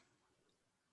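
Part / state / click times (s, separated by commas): metal jump ring closing on a beaded necklace component / not seated / none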